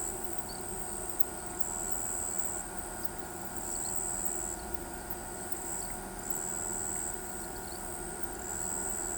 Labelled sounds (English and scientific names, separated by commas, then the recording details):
none
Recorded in pastures near Pivijay, Magdalena, Colombia, on 14 April 2023 at 19:30
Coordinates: 10.456, -74.369
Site P6-G026